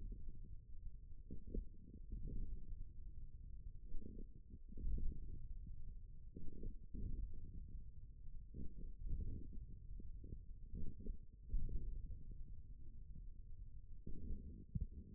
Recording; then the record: forearm muscle sounds (acoustic myography)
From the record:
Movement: wrist flexion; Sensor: system 1, eight BSWA MPA416 microphones around the upper forearm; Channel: 7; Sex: male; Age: 41 years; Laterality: right